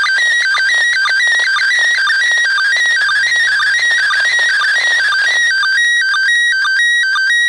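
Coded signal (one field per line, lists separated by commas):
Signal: SSTV (slow-scan television)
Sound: warbling tone jumping between two pitches, short low blips about twice a second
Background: radio static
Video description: รับสัญญานเสียงในระบบ SSTV เพื่อถอดรหัสเป็นภาพจากสถานีอวกาศ RS0ISS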